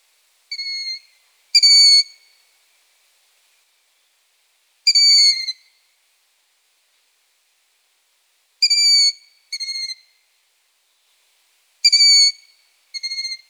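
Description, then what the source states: Long-eared owl chicks giving squeaky, slightly falling calls, each about half a second long, in irregular pairs and singles separated by pauses of a few seconds. Young long-eared owls (chicks) calling.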